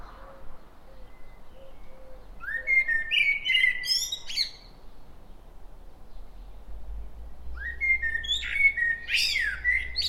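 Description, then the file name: Common blackbird giving two bursts of calls, each opening with a rising note and running into scratchy, chattering notes with sharp high squeaks; quiet background between them. "Turdus merula"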